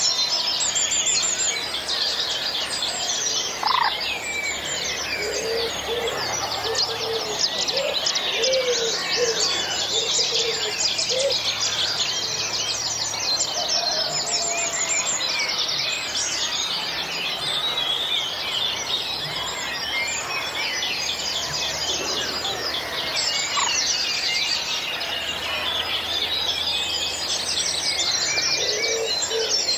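A dawn chorus of many birds singing at once, a dense, continuous tangle of bright chirps, trills and whistles that never pauses across the thirty seconds. A few lower, clearer calls stand out now and then, with a faint steady hum underneath.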